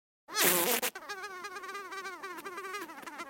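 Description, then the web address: Bee buzz that opens with a loud, harsh burst, then settles into a wavering hum that rises and falls in pitch, warbling unevenly. "пчела"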